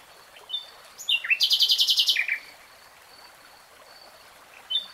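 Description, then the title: Nightingale song: a brief whistle, then a rapid burst of loud, sharp repeated notes followed by a lower slurred note, with quiet pauses between phrases. Three-hour real-time recording. "[Tiếng chim hót] Nightingale Singing"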